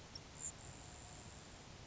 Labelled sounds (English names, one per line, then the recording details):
Grasshopper Sparrow
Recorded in Sonoma County, California